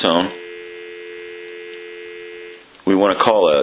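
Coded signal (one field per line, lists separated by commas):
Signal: telephone call progress tone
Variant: North America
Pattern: dial tone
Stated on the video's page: Call progress tone on a Northern Electric Galion rotary desk telephone during initial checkout and repair.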